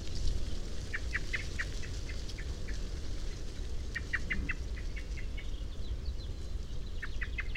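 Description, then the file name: Common blackbird calls: fast runs of hard chinking notes repeated in several bursts, fairly even in rhythm, over low continuous background noise. "Turdus merula"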